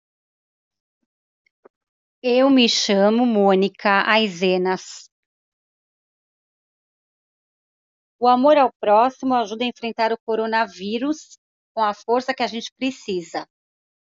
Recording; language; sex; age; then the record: spoken sentence; Brazilian Portuguese; female; 40 to 49 years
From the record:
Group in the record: control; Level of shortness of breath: 0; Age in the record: 47 years